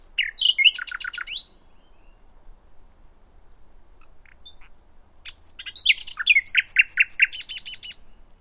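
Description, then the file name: Common nightingale song: a burst of varied rich phrases, then a pause, then a loud run of rapid repeated chirps and sharp notes. "Luscinia megarhynchos"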